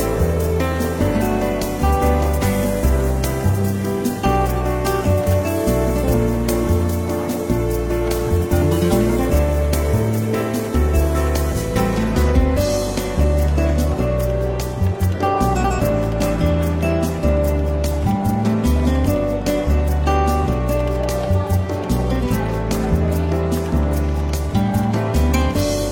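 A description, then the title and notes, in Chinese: Soft, easygoing jazz plays steadily throughout, with a walking bass stepping from note to note beneath mellow chords and a light melodic line. Brushed percussion ticks along quietly in the upper range, and the level stays even from start to finish. 伦敦书店咖啡馆轻微喧闹氛围与柔和轻松的爵士背景音乐。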